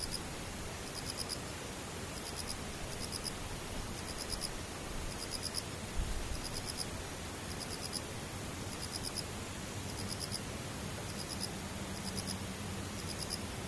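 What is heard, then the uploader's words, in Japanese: Insects chirp in short, high, buzzy pulses that repeat at a steady rhythm, about once a second, throughout. Underneath runs a constant hiss with a low rumble, and a brief thump sounds around six seconds. 無音→ムシ。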